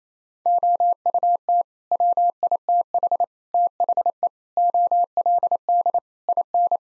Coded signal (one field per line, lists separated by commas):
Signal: Morse code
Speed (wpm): 28 wpm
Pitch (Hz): 700 Hz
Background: none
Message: OUT WITH THE OLD IN